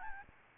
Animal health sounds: mosquito wingbeat signal from an infrared sensor; Aedes albopictus

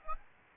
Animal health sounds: mosquito wingbeat signal from an infrared sensor; Aedes albopictus

